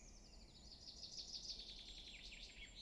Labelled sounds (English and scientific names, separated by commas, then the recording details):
Common Chaffinch (Fringilla coelebs)
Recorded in Germany
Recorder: ecoPi